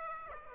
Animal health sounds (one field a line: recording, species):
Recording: mosquito wingbeat signal from an infrared sensor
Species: Aedes aegypti